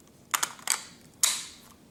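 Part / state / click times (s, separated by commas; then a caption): video camera onto tripod quick-release mount / seated / 1.2 s. A video camera is pushed back onto its tripod quick-release mount after being lined up and tightened. A few light clicks and rattles come at about 0.3–0.7 s. At 1.2 s a sharp, loud click follows as the camera snaps into place on the mount, and the sound fades slowly afterward.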